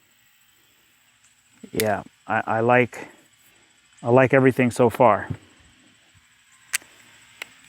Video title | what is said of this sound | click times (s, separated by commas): DJI Osmo Action 5 Pro - Mic 2 | Snaps right in. | 6.8 s